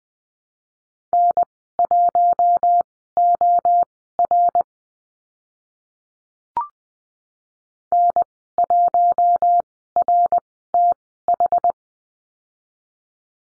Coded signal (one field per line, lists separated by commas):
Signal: Morse code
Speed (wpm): 20 wpm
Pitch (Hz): 700 Hz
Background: none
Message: N1OR N1RTH